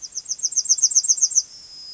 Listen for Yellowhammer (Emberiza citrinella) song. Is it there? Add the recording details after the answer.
yes. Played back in grassland. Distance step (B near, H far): C. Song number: 013